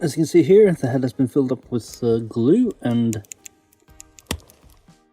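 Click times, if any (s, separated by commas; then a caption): 4.3 s. Someone talks for about three seconds, then a glue-filled plastic action figure head is pushed onto the figure's neck peg. Several small ticks and handling sounds precede a sharp click at 4.3 s as the head seats on the peg.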